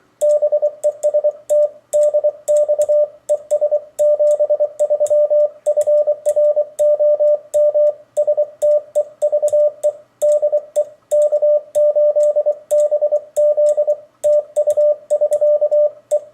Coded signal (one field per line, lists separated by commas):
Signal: Morse code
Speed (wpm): 24 wpm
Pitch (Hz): 600 Hz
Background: radio noise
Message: BEST DX ES 73 FROM STEVE DE K8BZ TU <SK> E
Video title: Single Lever vs iambic key